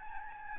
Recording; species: mosquito wingbeat signal from an infrared sensor; Aedes albopictus